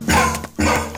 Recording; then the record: coughing mixed with background sound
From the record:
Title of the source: Wet Throat Infection Cough